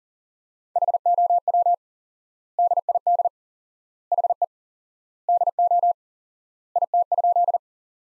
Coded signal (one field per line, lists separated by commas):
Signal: Morse code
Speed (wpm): 40 wpm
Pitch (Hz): 700 Hz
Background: none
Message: HOW DID HE DO IT?